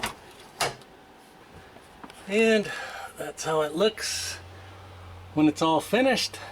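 After the trunk lid torsion bar is fitted on a Honda, the rear seat release cable is pushed back into its mount in the car trunk, and a sharp snap at 0.6 s marks it seating in place. Someone then talks.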